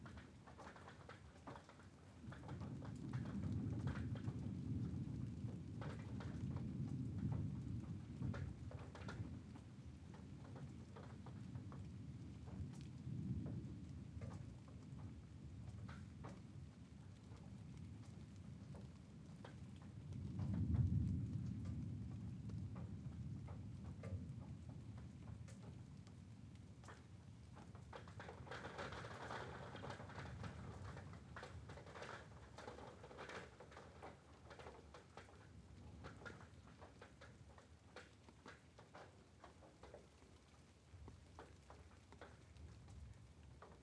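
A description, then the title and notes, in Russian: A night thunderstorm with steady rain falling throughout, hissing softly across the whole clip. Deep rolling thunder rumbles low from about 3 to 15 seconds, with a louder crack near 21 seconds and a brighter, sharper rumble around 29 seconds. Эпическая ночная гроза.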